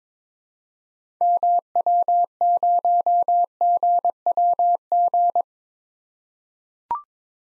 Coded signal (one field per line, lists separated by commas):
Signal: Morse code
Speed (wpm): 22 wpm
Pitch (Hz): 700 Hz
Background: none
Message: MW0GWG